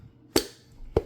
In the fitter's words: make sure you hear it snap